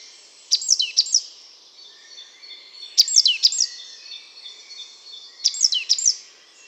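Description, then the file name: Great tit giving short clusters of sharp, high chirping notes, three times about every two and a half seconds, over steady high background noise. "Parus major"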